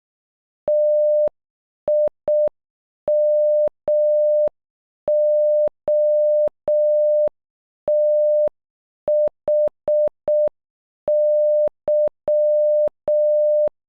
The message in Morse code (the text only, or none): TIMOTHY